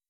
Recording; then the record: hydrophone in a shrimp aquaculture tank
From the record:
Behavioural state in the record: weakened